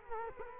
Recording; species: mosquito wingbeat signal from an infrared sensor; Culex quinquefasciatus